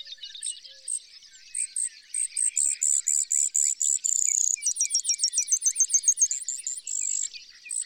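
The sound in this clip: Bird song building from scattered high chirps to a steady run of sharp notes and a rapid slurred trill.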